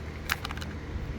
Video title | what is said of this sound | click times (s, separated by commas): C7 Z06 Corvette Vicrez Carbon Fiber Steering Wheel Full Install | you can almost hear it pop | 0.3 s